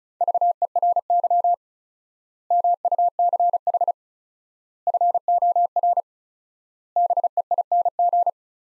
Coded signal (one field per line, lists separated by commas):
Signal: Morse code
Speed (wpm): 34 wpm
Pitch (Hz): 700 Hz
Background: none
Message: VERY MUCH FOR BEING